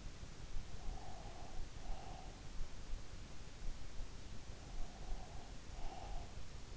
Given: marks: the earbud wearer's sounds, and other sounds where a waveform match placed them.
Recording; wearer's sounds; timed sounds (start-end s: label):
sounds in sleep by an in-ear microphone; breath
0.58-2.68 s: breath
4.47-6.71 s: breath